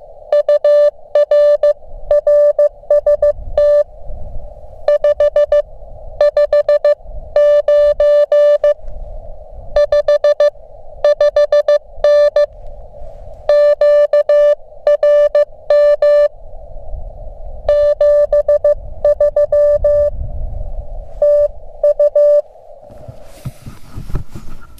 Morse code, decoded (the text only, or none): UR RST 559 55N QRM 73 TU